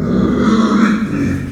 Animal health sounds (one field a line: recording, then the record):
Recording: squeal of a Yucatan mini pig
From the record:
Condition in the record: after surgery on the right vocal fold (resection and tissue-engineered implant)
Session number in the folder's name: 9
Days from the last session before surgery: 65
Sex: female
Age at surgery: 19 weeks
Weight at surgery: 25 kg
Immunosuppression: prednisolone